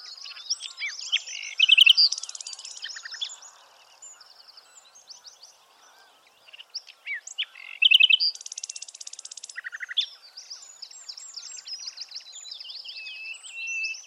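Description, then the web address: Bird twittering in two lively bursts of mixed chirps, whistles and buzzy trills, separated by a quieter stretch of faint high notes. "Bird Only"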